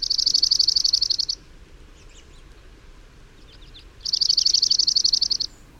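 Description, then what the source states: Dark-eyed Junco trill, a rapid even run of high notes sung twice, each lasting about 1.4 seconds, separated by a pause with faint high chips. Males sing light, loose trilling song on warm, bright winter days.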